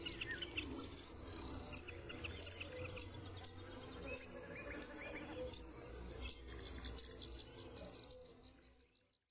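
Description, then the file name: Meadow pipit calls: short, thin, high notes given repeatedly, with quiet between. "Świergotek łąkowy"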